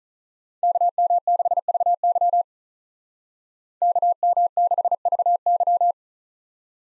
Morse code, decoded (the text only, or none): KM6VY KM6VY